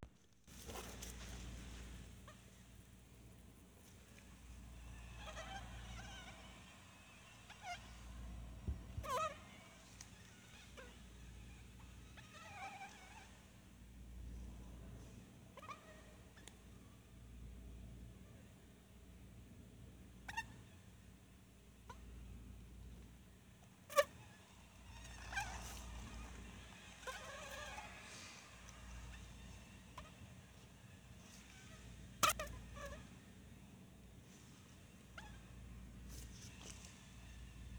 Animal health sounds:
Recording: mosquito flight sound by mobile phone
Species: Anopheles stephensi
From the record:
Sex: mixed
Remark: in a cage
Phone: Sony Xperia

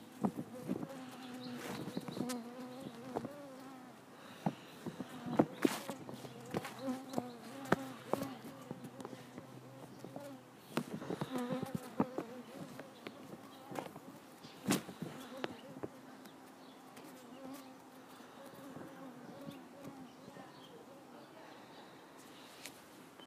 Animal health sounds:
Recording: mosquito flight sound by mobile phone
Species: Culiseta incidens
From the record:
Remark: outdoors

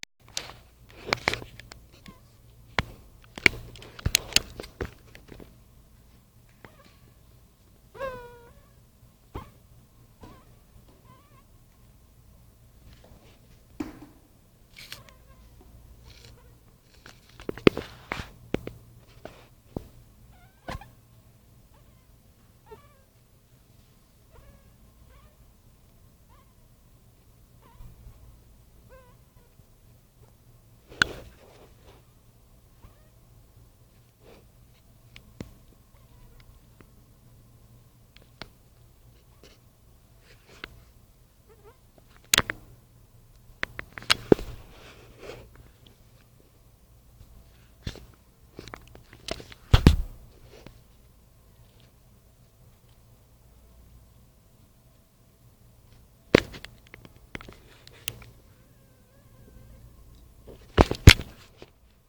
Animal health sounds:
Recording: mosquito flight sound by mobile phone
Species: Anopheles dirus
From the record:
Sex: female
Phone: Nokia 5235

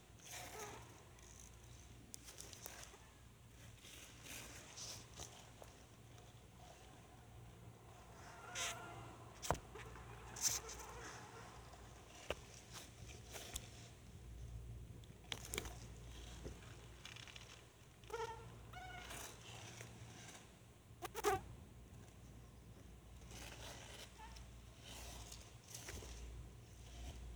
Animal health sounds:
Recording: mosquito flight sound by mobile phone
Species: Anopheles freeborni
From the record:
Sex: female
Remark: in a cage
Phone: Sony Xperia

